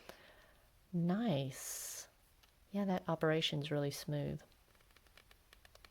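Someone talks while handling the piston knob on the end of the barrel of a plastic piston-filling PenBBS 494 fountain pen, which is later turned back to click into its locked rest position. Faint small ticks are heard near the end, but the knob has not yet clicked into place or seated.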